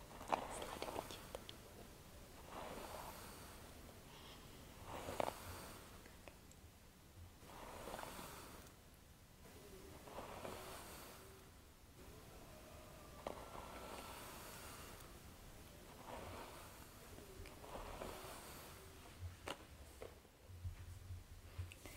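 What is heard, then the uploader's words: Scalp massage and facial treatment sounds: soft rubbing and brushing strokes swell and fade in a steady rhythm, roughly every two to three seconds. Faint low rumble and occasional light clicks or taps sit underneath, with no clear speech. ASMR Natural Spa Facial Treatment & Scalp Massage.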